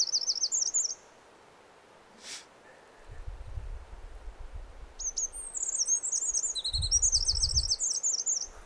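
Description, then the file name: Eurasian wren song: a short, quick, shrill trill at the start, then a long, vigorous run of rapid high warbles and rattling trills. "Troglodytes troglodytes"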